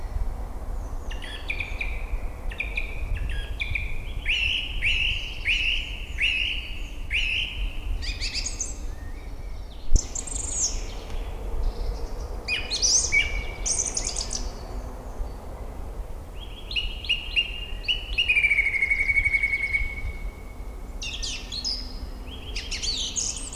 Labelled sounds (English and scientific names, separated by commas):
Song Thrush (Turdus philomelos) song